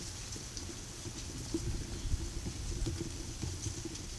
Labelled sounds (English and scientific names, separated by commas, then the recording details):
none
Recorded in pastures near Puerto Asís, Putumayo, Colombia, on 4 March 2025 at 15:00
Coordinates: 0.487, -76.322
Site G077